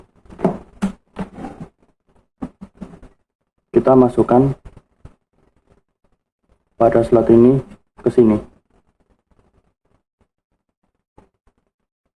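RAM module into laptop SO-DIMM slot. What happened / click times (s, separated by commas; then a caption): The memory module is slid into its slot without any seating click / none. A RAM module is slid edge-first at an angle into the SO-DIMM slot of a Dell Inspiron 3421 laptop, before being pressed down to lock. Someone talks over quiet handling sounds, with a few faint taps near the end. Nothing has seated or clicked yet.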